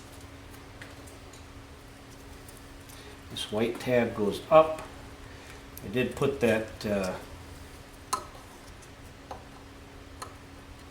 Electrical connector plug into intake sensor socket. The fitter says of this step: Give that a push down, you hear a little snap, snap, and then push down this lock.